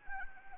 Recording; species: mosquito wingbeat signal from an infrared sensor; Anopheles gambiae